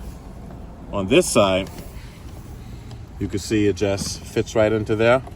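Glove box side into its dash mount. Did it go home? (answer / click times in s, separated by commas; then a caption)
no / none. Someone talks while refitting the glove box of a 2017 Jeep Cherokee SRT after a cabin air filter change, fitting one side of the glove box into its dash mount over a low steady background rumble. Nothing has seated or clicked yet; the clip ends just before that side snaps home.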